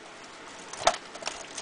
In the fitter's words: so it snaps back in like this these little pieces snap in